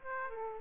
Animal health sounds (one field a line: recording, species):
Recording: mosquito wingbeat signal from an infrared sensor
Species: Aedes aegypti